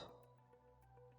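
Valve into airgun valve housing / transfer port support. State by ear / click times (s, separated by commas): not seated / none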